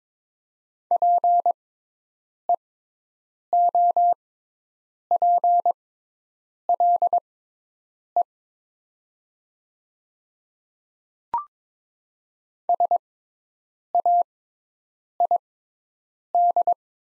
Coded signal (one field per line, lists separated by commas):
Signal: Morse code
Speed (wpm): 22 wpm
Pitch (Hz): 700 Hz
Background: none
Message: PEOPLE SAID